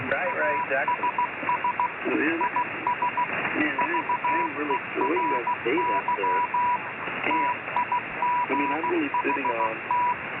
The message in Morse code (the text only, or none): ASS IS VERY TIGHT